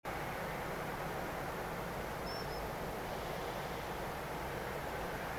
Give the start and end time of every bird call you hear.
2.25s-2.60s: Fulica atra (4.8-5.6 kHz)

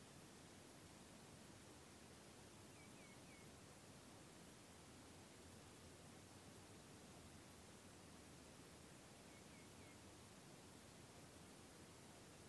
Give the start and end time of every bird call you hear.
2.74s-3.47s: Tringa nebularia (2.2-2.7 kHz)
9.25s-9.95s: Tringa nebularia (2.2-2.6 kHz)

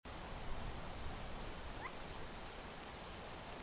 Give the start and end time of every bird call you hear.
1.78s-1.88s: Porzana porzana (0.8-2.3 kHz)

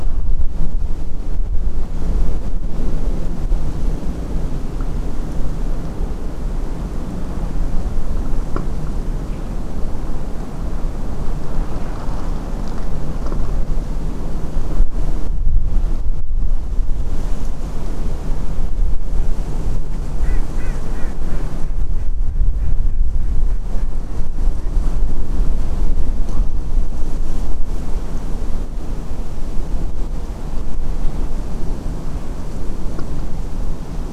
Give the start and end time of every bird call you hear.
20.23s-21.11s: Anas platyrhynchos (1.2-2.7 kHz)

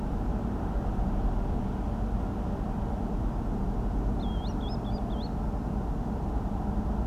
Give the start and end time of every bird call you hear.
4.19s-5.29s: Tringa ochropus (2.3-5.9 kHz)

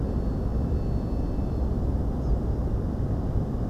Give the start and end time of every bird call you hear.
2.22s-2.32s: Ficedula hypoleuca (4.6-7.0 kHz)

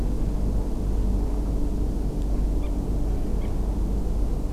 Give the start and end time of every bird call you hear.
2.63s-2.68s: Gallinula chloropus (0.9-3.8 kHz)
3.41s-3.46s: Gallinula chloropus (0.9-3.6 kHz)

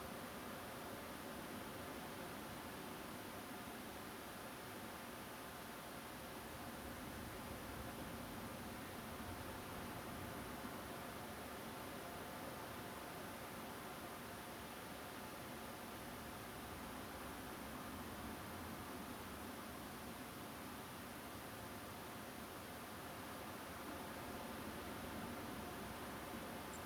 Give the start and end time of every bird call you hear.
26.72s-26.77s: Turdus philomelos (7.1-10.0 kHz)

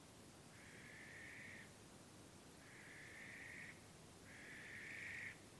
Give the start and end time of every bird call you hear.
0.53s-1.72s: Tyto alba (1.6-2.6 kHz)
2.59s-3.76s: Tyto alba (1.4-2.7 kHz)
4.24s-5.37s: Tyto alba (1.4-3.2 kHz)

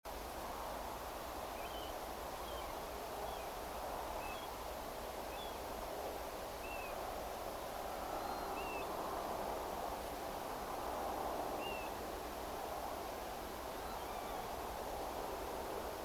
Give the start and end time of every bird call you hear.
1.56s-1.92s: Pluvialis apricaria (2.2-3.4 kHz)
2.42s-2.72s: Pluvialis apricaria (2.1-3.5 kHz)
3.25s-3.49s: Pluvialis apricaria (2.3-3.5 kHz)
4.19s-4.47s: Pluvialis apricaria (2.4-3.5 kHz)
5.32s-5.56s: Pluvialis apricaria (2.5-3.6 kHz)
6.63s-6.93s: Pluvialis apricaria (2.3-2.9 kHz)
8.19s-8.49s: Vanellus vanellus (3.9-4.4 kHz)
8.56s-8.85s: Pluvialis apricaria (2.4-3.6 kHz)
11.60s-11.88s: Pluvialis apricaria (2.4-3.0 kHz)
13.73s-14.47s: Vanellus vanellus (1.1-4.4 kHz)

